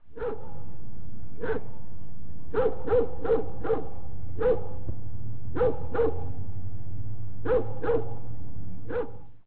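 Dog barking in short, sharp barks, singly and in small groups, at uneven intervals, over a steady low hum.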